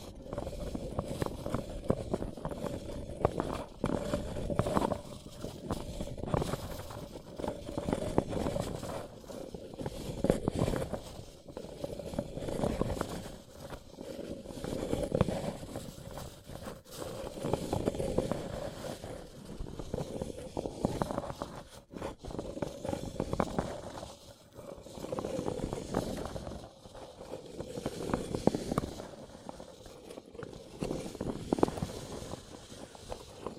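A paper cup crinkles and taps in dense, irregular bursts every second or so, over a steady low hum, with a brief pause near 22 seconds.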